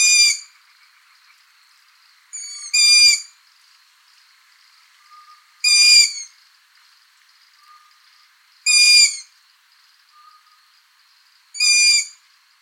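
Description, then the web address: Long-eared Owl: several harsh, overtone-rich squeals repeated about every three seconds, with faint thin tonal notes between them. "asio otus call"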